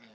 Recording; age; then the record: pig call; piglet (1 to 25 days)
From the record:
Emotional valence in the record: positive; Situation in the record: reunion after long isolation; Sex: male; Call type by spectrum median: low-frequency call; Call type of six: low-frequency stable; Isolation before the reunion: 8 minutes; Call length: 0.15 s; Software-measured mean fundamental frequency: 57 Hz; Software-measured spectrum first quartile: 333 Hz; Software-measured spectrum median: 1180 Hz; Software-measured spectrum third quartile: 2739 Hz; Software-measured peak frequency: 222 Hz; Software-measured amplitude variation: 68 dB a second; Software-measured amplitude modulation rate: 10.2 a second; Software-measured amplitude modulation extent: 6.7 dB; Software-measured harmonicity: 1.5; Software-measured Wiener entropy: -1.24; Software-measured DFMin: 813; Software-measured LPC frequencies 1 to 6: 446, 1481, 2121, 2853, 3658, 4665 Hz